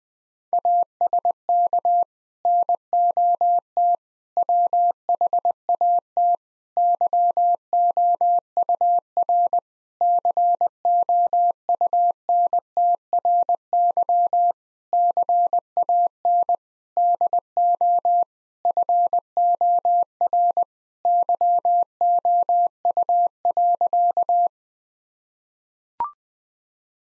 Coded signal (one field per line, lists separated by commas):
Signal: Morse code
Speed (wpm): 20 wpm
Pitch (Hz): 700 Hz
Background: none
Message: ASK NOT WHAT YOUR COUNTRY CAN DO FOR YOU.